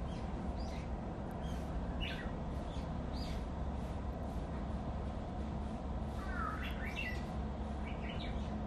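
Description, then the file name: Japanese bush warbler song: a low whistle sliding upward into a brief flourish of higher notes near the end, with scattered chirps earlier over a steady low rumble. "uguisu"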